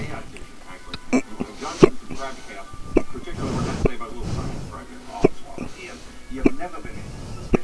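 About seven sharp, gulping hiccups from an adult at roughly one per second, a really, really fast run of hiccups.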